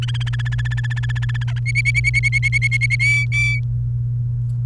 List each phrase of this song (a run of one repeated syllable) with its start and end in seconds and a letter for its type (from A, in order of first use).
0.02-1.59 A, 1.66-2.96 B, 3.00-3.59 C